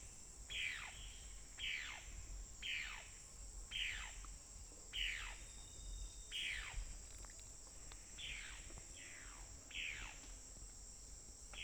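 Bird giving a series of nine quick descending calls, roughly one per second, against a constant shrill insect hum.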